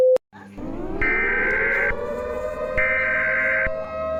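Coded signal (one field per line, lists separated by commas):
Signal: Emergency Alert System (SAME) tones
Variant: header bursts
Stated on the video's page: Mock, fictional EAS scenario.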